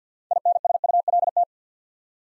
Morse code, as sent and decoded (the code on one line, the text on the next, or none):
.. -. ... ..- .-.. -
INSULT